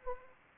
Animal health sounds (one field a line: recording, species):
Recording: mosquito wingbeat signal from an infrared sensor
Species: Anopheles arabiensis